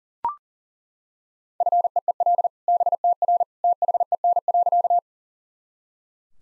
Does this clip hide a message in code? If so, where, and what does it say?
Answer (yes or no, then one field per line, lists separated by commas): yes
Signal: Morse code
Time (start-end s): 1.6-5.0 s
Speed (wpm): 40 wpm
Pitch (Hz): 700 Hz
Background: none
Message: FEEL BTR THEN.